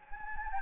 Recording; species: mosquito wingbeat signal from an infrared sensor; Anopheles gambiae